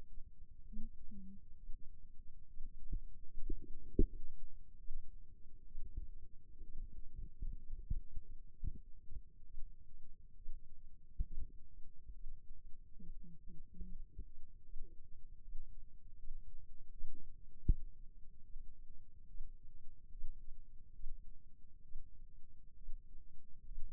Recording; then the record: forearm muscle sounds (acoustic myography)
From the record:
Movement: rest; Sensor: system 2, bracelet of six BSWA MPA416 microphones around the upper forearm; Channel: 5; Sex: female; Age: 25 years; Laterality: right